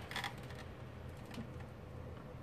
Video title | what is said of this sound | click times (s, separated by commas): Building a 1080ti Zotac Custom Cryptocurrency Foleum Miner | these guys just click into place right like that | 0.1 s, 0.2 s